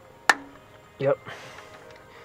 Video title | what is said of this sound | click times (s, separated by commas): 2000 Jeep Cherokee XJ - Cleaning Throttle Body | make sure it snaps into place like that | 0.3 s